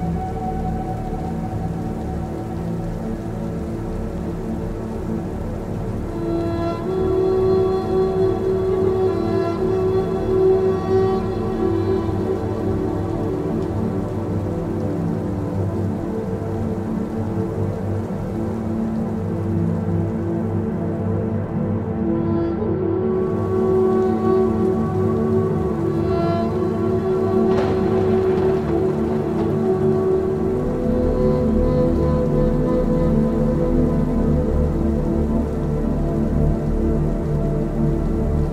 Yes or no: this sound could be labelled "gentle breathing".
no